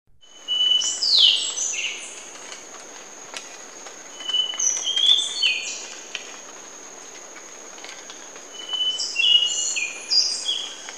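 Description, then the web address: Rufous-brown solitaire song: clear, high, fluty whistled notes in short squeaky phrases, with pauses between bursts, over a steady high tone. Recorded in Ecuador. "Birds of Ecuador. Rufous-brown Solitaire"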